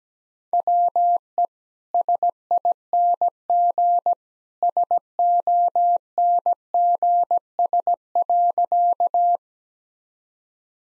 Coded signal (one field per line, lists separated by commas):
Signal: Morse code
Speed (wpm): 17 wpm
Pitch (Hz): 700 Hz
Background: none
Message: WE SING SONGS.